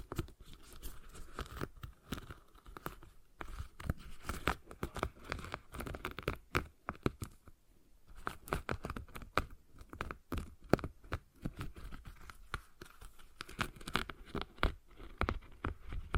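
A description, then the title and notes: A stress ball being squeezed and worked, with dense, irregular crinkling and squishing sounds running through the whole stretch. Short crackles and soft pops come several times a second, with brief lulls around three and eight seconds before the texture thickens again. ASMR Relaxing Stress Ball Sounds (No Talking).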